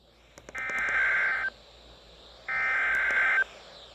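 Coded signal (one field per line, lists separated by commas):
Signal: Emergency Alert System (SAME) tones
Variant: header bursts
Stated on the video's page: Severe weather and flood alerts received on NOAA Weather Radio station WXM56.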